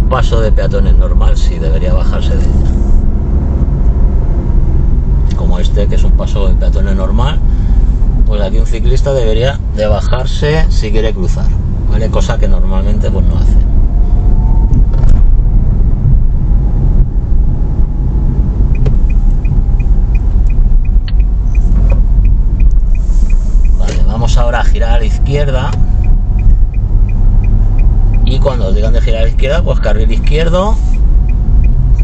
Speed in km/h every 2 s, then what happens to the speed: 33, 36, 32, 25, 16, 17, 24, 28, 29, 26, 23, 21, 25, 26, 26, 23.
3-8 brakes to 16. 8-16 speeds up to 29. 16-21 slows to 21. 21-28 steady at about 25.